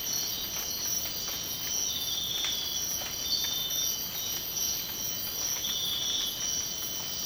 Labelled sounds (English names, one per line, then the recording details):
none
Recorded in dense forest near Puerto Asís, Putumayo, Colombia, on 19 March 2025 at 05:00
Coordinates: 0.500, -76.322
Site GP06